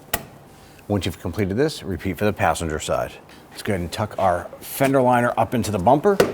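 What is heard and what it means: A small plastic retaining clip is pushed into the side of the fog light area of the bumper cover on a 2011-2017 Nissan Quest. It snaps sharply into place at 0.1 s, and then someone talks. The clip is seated.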